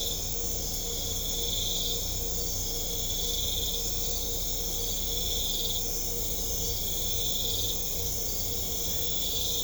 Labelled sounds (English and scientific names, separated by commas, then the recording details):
none
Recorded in secondary vegetation near Puerto Asís, Putumayo, Colombia, on 21 December 2024 at 00:00
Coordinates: 0.500, -76.326
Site G065